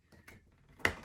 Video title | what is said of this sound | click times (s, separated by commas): Carpet Cleaner Down! Bissell SpotClean Pro broken hose fix..like new repair! | and get it pushed in. It's going to actually click right in place. | 0.9 s